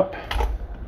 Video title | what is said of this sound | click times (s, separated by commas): Video Drone - Quick Motor Swap for the Syma X8! | bingo the motor pops right out then | 0.3 s